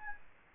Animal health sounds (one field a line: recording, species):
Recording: mosquito wingbeat signal from an infrared sensor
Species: Aedes albopictus